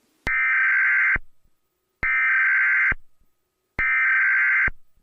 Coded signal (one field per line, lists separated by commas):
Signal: Emergency Alert System (SAME) tones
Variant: header bursts